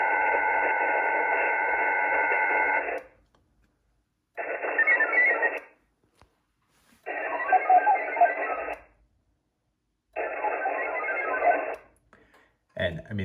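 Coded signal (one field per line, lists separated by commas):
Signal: HF data modem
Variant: VARA HF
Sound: four bursts of dense, even, hissy warbling data, separated by short silences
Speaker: that's fast i already connected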